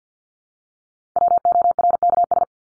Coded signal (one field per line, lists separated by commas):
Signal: Morse code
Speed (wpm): 48 wpm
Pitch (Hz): 700 Hz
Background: none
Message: WORKS